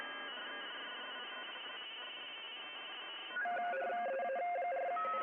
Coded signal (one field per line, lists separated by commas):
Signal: RTTY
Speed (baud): 45.45 baud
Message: DF8QB DF8QB